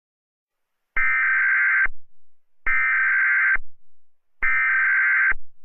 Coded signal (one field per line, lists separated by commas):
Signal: Emergency Alert System (SAME) tones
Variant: header bursts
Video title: EAS Scenario #45: Mickey Error 1: The Return Of Mickey Error